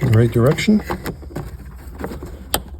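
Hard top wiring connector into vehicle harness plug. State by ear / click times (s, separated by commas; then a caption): seated / 2.5 s. Someone talks while plugging the hard top's wiring connector into the vehicle harness plug during reinstallation of a Jeep Wrangler hard top. Quieter handling sounds follow, then a loud, sharp snap at 2.5 s as the connector seats.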